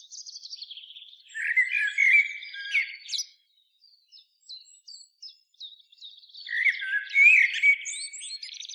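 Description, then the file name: Common blackbird song: two fluty warbled phrases with high thin twitters, separated by a pause filled with soft high chips. "Turdus merula"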